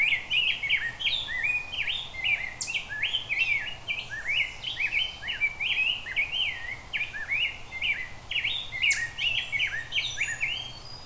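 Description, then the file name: Rose-breasted grosbeak singing a long, unbroken run of rich, rolling whistles that rise and dip rapidly from start to finish. "Rose Breated Grosebeak"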